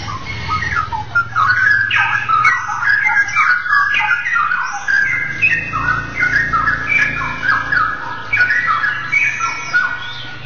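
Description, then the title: Oriental magpie-robin song, long sequence of loud varied whistled phrases and chattering notes, with a low steady hum underneath. "Kicau Kacer"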